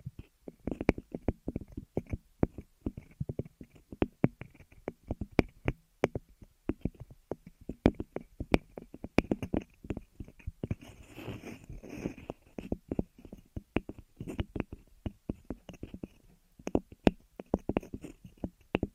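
Ear massage and cleaning: dense, irregular crackling and tapping clicks fill the whole stretch, some sharp, some soft. Around ten to thirteen seconds a rougher rubbing texture swells between the clicks before the scattered crisp pops return.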